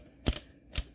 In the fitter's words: you will hear it click whenever it is done